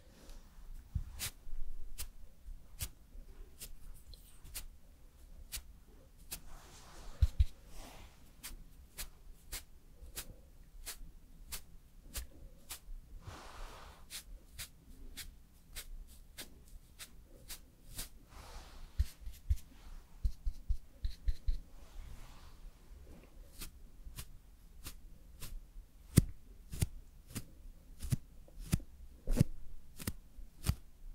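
Makeup and hair styling sounds: a steady run of sharp little taps and clicks, often several a second, with soft rustling and brushing in between, busiest around 7, 13 and 20 seconds. A low, steady hum runs underneath the whole time.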